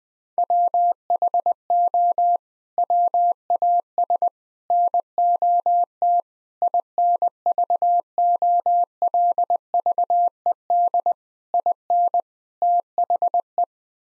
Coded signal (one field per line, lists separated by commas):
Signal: Morse code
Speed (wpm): 20 wpm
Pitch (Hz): 700 Hz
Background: none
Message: WHO WAS NOT INVOLVED IN THE